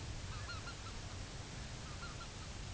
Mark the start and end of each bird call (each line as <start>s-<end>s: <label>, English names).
0.12s-1.05s: Greater White-fronted Goose
1.83s-2.60s: Greater White-fronted Goose